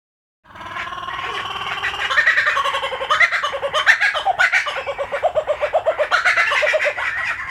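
Kookaburra laughing, loud rapid chuckling notes rising into raucous cackles and continuing in pulsing bursts for about seven seconds after a brief silent start.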